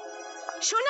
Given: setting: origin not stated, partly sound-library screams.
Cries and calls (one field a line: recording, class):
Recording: one-second piece from a danger detection set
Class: woman in danger